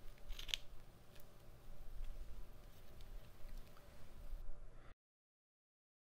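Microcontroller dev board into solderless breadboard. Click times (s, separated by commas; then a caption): 0.4 s, 0.5 s. A NodeMCU development board is pressed into a plastic solderless breadboard, producing low rumbling handling noise with sharp snaps at 0.4 s and 0.5 s as the board seats. A few faint ticks follow before the sound cuts off near 4.9 s.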